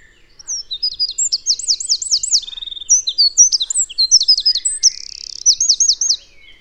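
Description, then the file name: Eurasian wren singing a loud, high-pitched burst of quick notes, looping trills and a buzzy rattle, closing with a fast trill and rolling phrases. "Troglodytes troglodytes"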